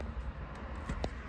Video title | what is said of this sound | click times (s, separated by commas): Fiat 500 bluetooth or AUX install - Quick, cheap and easy | like this just make sure it clicks and | 1.0 s